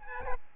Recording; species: mosquito wingbeat signal from an infrared sensor; Aedes albopictus